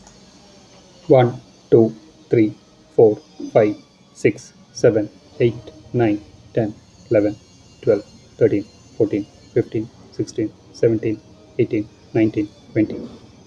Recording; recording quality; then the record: counting at a normal pace; excellent, no background noise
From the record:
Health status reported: healthy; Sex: male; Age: 53 years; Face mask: not worn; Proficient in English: yes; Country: India